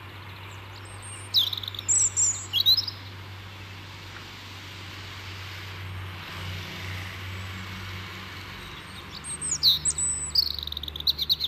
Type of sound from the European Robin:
song